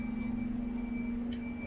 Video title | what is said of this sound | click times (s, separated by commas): First Mod To My E92 M3! | Yep, and you hear the little click. | 1.3 s